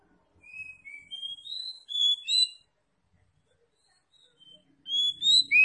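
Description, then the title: Oriental magpie-robin song of clear, drawn whistles stepping up and down in pitch, a pause, then fresh louder whistled phrases. Kacer Tretes, described as gacor (singing vigorously). "Kacer Tretes Gacor"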